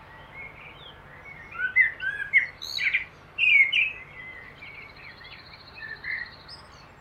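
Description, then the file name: Common blackbird warbling in a busier, chattering run of notes, with a thin high buzzy trill in the second half and a low hum beneath. "Turdus merula"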